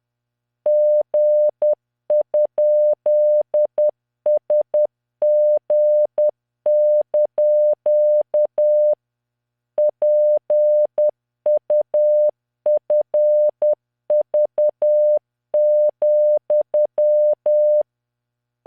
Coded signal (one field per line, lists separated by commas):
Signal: Morse code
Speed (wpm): 10 wpm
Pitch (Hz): 600 Hz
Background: none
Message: G?SG) PUFV,